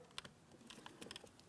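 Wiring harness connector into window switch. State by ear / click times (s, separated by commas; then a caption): seated / 0.2 s. A wiring harness electrical connector is pressed into the front power window switch of a 2007-2014 Ford Edge and gives a sharp click at 0.2 s. Several lighter clicks and ticks follow as it is tugged to check. The connector is seated and holds in place.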